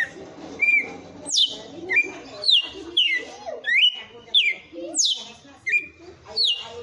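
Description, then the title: Red-cowled cardinal song: loud whistled notes, mostly slurring sharply down from high pitch, some flatter, given in a series about every two-thirds of a second over low background noise. Female. "Canto Galo Campina Fêmea"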